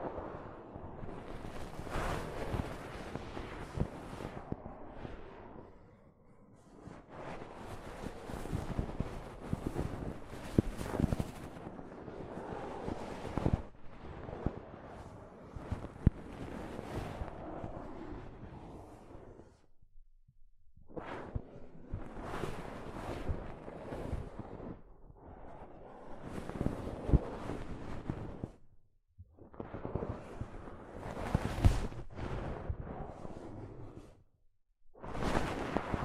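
Soft fabric brushes against a microphone in rustling bursts of several seconds, separated by brief silences near 6, 20, 29 and 34 seconds.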